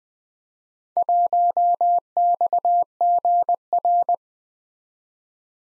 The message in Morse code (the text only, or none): 1XGR